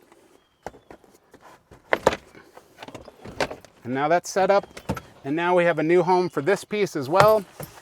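A removable piece of a Honda Element camping platform is handled near its new storage mount on the bench, with sharp knocks and clatters around 0.7, 1.9 and 2.1 s and lighter taps after. Someone then talks over the rest of the clip. Nothing has seated or locked in yet.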